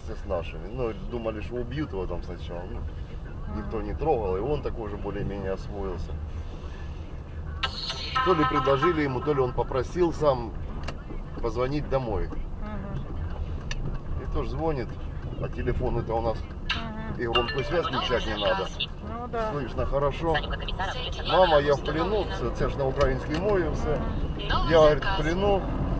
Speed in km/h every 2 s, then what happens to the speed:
12, 16, 18, 16, 16, 17, 16, 16, 16, 15, 18, 26, 30.
0-3 speeds up to 18. 3-18 steady at about 16. 18-26 speeds up to 30.